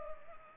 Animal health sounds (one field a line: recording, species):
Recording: mosquito wingbeat signal from an infrared sensor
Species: Culex pipiens